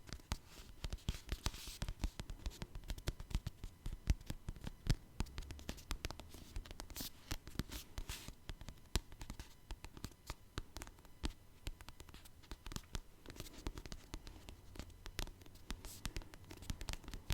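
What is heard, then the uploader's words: Tapping with no talking: dense, rapid taps and light scratches run continuously for the whole stretch, each a sharp crisp click. The pace stays busy and uneven, with brief low thumps around the fifth and fourteenth seconds beneath the steady patter. Tapping No Talking.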